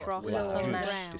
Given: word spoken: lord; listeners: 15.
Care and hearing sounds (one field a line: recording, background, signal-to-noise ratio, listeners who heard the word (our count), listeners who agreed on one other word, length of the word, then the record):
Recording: one English word in noise, from a listening test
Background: four-talker babble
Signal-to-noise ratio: -2.6 dB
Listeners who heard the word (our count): 0 of 15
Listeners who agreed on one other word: 7 of 15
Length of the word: 0.80 s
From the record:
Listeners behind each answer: 7, 3, 1, 1, 1, 1, 1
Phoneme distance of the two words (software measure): 37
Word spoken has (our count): 1 syllable, 3 phonemes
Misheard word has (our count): 1 syllable, 4 phonemes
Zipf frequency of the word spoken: 5.07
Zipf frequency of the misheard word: 3.49